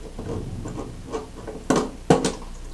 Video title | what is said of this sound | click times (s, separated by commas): Magnetek Crane Inverter Drive G+/ VG+ Series 1 Connection Overview | gonna make a positive click when it engages | 1.7 s, 2.1 s